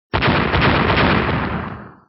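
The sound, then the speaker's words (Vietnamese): A loud series of explosions erupts suddenly and merges into a dense, rumbling roar of blasts that gradually fades out after about two seconds, with no voices. “Những tiếng nổ vang liên tiếp vang lên.”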